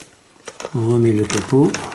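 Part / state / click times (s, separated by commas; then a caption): brush roller into floor cleaner head / seated / 0.5 s, 0.6 s. The brush roller of a Kärcher FCV 3 cordless wet-dry floor cleaner is pushed back into its housing in the cleaner head, giving clicks at 0.5 s and 0.6 s as it seats into place. Someone then talks.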